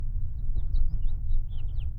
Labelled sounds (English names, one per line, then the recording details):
House Finch song
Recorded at Babylon on Long Island, New York, on 22 May 1975
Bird B